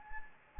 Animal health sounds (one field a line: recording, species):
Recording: mosquito wingbeat signal from an infrared sensor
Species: Anopheles gambiae